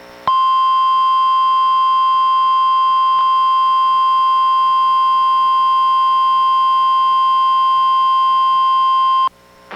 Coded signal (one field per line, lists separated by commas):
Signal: Emergency Alert System (SAME) tones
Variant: 1050 Hz attention tone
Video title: EAS #878: NWR Required Weekly Test- Oct. 11, 2023- 11:02AM PDT